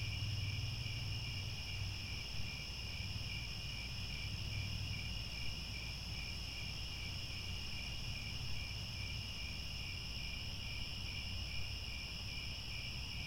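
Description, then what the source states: Cricket chorus of unbroken, rapidly pulsed high chirps; a faint low hum drifts underneath throughout. Chorus of crickets chirping at twilight.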